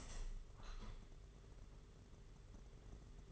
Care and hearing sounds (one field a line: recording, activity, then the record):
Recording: daily activity, microphone in the room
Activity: open window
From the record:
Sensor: 4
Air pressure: 992.1 hPa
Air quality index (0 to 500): 103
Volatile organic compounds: 14 ppm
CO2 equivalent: 2430 ppm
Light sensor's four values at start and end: 22/77/28/30 and 23/78/28/30